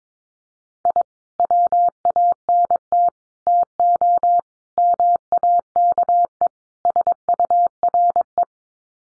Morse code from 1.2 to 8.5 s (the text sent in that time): WANT TO MAKE SURE